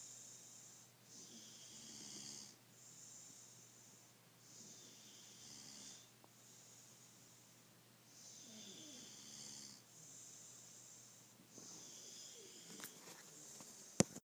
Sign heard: Snoring.